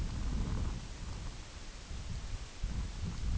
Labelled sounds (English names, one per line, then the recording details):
none
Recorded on Arctic tundra, site IGLO-F, on 22 June 2018
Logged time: 04:00